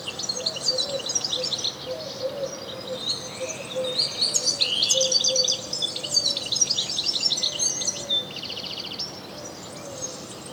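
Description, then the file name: European goldfinch singing a sustained, jumbled twitter of tinkling notes, with a dry buzzy rattle just before it fades. "Carduelis carduelis"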